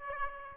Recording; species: mosquito wingbeat signal from an infrared sensor; Aedes aegypti